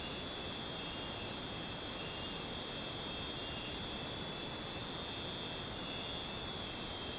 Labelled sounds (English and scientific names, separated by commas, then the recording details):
none
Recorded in dense forest near Puerto Asís, Putumayo, Colombia, on 22 June 2025 at 23:30
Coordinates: 0.484, -76.317
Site G045